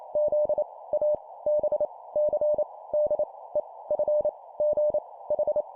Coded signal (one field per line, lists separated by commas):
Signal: Morse code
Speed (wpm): 28 wpm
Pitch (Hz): 600 Hz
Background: none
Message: Z A B C D E F G H